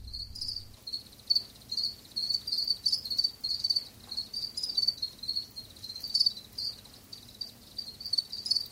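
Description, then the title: House cricket song: high, shrill chirps repeated steadily in short pulsing bursts. "Viikon luontoääni: Kotisirkka"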